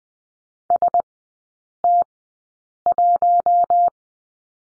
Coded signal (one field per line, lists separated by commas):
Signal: Morse code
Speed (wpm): 20 wpm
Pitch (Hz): 700 Hz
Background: none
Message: ST1